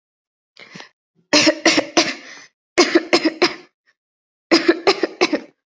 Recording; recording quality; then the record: shallow voluntary cough; excellent, no background noise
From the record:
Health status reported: COVID-19 positive, mild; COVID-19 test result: positive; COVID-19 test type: RT-PCR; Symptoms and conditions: sore throat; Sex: female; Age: 24 years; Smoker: no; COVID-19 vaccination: both doses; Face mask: not worn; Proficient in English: yes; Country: India